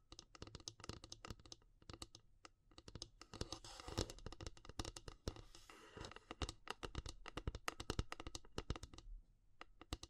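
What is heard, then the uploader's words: Dry tapping and clicking on wood, bamboo and straw, a dense run of quick sharp knocks like fingers rattling over hard surfaces. Around four to six seconds the taps blur into a rustling scratch before the crisp clicking returns. ASMR Relaxing Natural Triggers Wood, Bamboo and Straw (No Talking).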